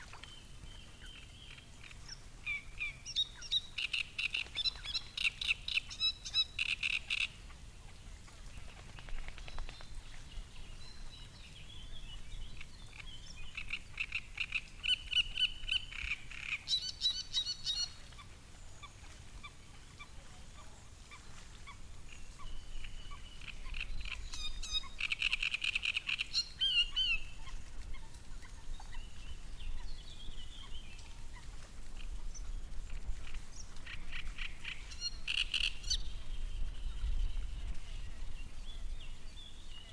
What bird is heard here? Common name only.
Great Reed Warbler